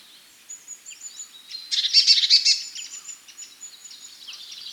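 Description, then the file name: Eurasian blue tit producing a single scratchy, rapid churring burst lasting under a second, framed by faint high whistles and chirps. "Cyanistes caeruleus"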